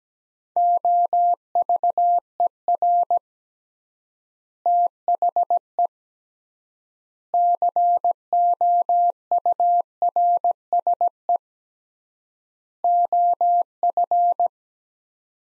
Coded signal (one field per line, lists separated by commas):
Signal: Morse code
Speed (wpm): 17 wpm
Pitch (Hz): 700 Hz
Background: none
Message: OVER THE COURSE OF